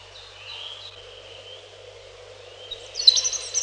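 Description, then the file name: European robin song, a thin, high, faint whistled line that ends with a brighter burst of quick twittering notes over a soft background hiss. "малиновка"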